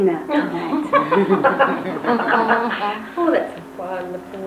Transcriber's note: Laughter. The last part of talk elicited a lot of amusement from all those present